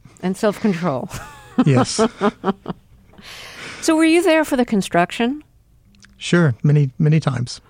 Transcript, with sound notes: And self-control.
Yes.
(Laughter) So were you there for the construction?
Sure - many, many times.